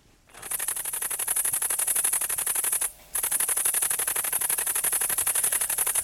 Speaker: Hört sich an wie eine rasante Schreibmaschine, ist aber eine große grüne Laubheuschrecke.